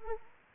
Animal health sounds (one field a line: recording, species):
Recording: mosquito wingbeat signal from an infrared sensor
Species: Anopheles arabiensis